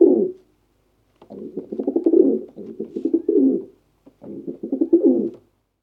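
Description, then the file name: Pigeon coos, deep and warbling, delivered as several pulsed rolling phrases separated by short silences. Pigeons cooing in a bird cage. "Digiffects Sound Effects Library - Pigeons Coo in Bird Cage"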